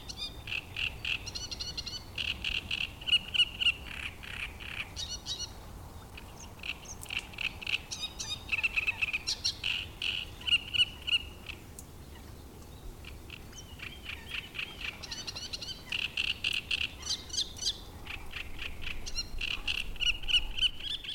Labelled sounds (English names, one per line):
Great Reed Warbler